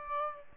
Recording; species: mosquito wingbeat signal from an infrared sensor; Aedes aegypti